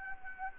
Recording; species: mosquito wingbeat signal from an infrared sensor; Anopheles gambiae